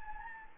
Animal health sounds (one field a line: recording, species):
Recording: mosquito wingbeat signal from an infrared sensor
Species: Anopheles gambiae